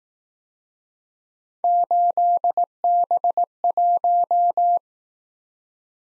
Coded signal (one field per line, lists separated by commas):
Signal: Morse code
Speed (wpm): 18 wpm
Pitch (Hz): 700 Hz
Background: none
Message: 8B1